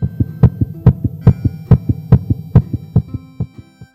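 Steady paired lub-dub heartbeats at about 71 a minute, heard through a 3M Littmann Core digital stethoscope with Eko Core technology that can amplify sounds up to 40 times, with a faint hum behind.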